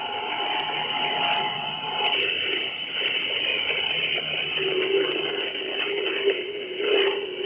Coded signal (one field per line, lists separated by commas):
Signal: FT8